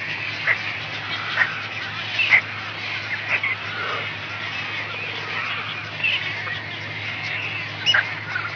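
Brown Pelican squawks, loud raspy bursts repeated irregularly over a dense, continuous background and a steady low hum.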